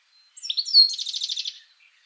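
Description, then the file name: European goldfinch call: a few quick short notes leading into a fast, buzzy, tinkling twitter. "Carduelis carduelis"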